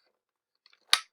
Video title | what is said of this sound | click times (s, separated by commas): Crazy In-Depth How to Pair-Connect DJI Goggles with Mavic 2 Pro Drone | and you hear that click. | 0.9 s